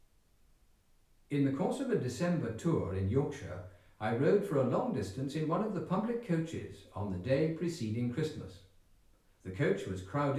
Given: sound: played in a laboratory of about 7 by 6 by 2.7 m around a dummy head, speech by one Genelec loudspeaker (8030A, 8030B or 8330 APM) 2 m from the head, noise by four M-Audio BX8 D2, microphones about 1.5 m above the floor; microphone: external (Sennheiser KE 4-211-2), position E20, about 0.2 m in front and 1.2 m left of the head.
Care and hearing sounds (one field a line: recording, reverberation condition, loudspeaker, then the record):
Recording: male speech in English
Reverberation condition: medium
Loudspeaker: 120 degrees to the right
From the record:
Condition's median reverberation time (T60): about 510 ms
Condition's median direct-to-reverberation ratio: about -0.5 dB